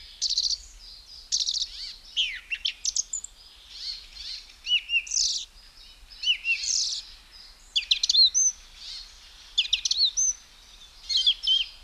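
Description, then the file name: Song Thrush delivering many brief, varied phrases, piercing whistles, slurred notes and rapid chatters, with short pauses between them. "Zvuki ptic - Pevchij drozd"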